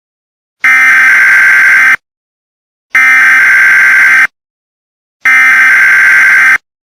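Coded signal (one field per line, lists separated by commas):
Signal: Emergency Alert System (SAME) tones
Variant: header bursts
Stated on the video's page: Fictional virus-outbreak EAS scenario with mock alerts, not a real broadcast.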